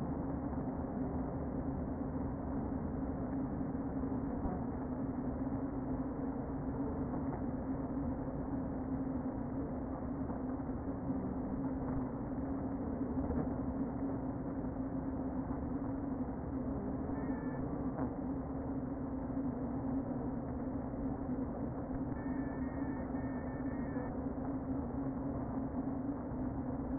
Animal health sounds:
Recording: honeybee colony, microphone inside the hive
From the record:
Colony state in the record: queen present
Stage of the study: before two queens were removed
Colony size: about 60,000 bees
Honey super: yes

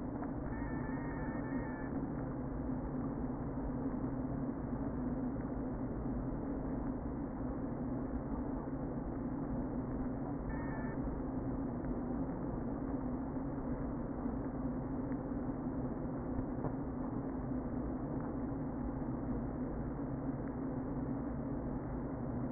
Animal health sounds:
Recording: honeybee colony, microphone inside the hive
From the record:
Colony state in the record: queen present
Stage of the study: before two queens were removed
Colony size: about 60,000 bees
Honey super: yes

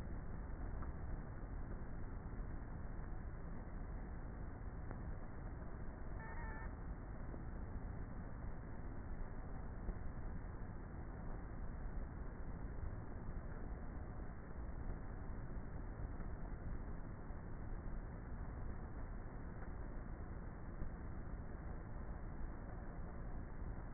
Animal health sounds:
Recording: honeybee colony, microphone inside the hive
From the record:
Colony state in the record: queenless with a low population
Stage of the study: before two queens were removed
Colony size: about 30,000 bees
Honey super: no

